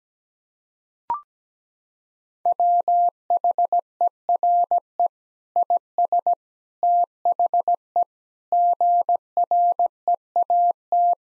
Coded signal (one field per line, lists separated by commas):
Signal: Morse code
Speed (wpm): 17 wpm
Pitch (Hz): 700 Hz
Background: none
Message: WHERE IS THE GREAT